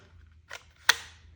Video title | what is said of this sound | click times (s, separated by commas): Staccato CS - Which Light??? Streamlight TLR 7 Sub 1913 vs Hellcat | hear that click isn't that beautiful | 0.9 s